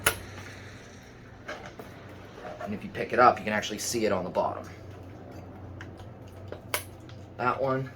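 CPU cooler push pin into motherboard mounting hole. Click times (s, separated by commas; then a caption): 0.1 s. A stock CPU cooler's push-button mounting pins, lined up with the four motherboard holes, are pressed down, and a push pin clicks and seats into its motherboard mounting hole with a sharp, loud hit at 0.1 s. Softer knocks and taps follow while someone talks.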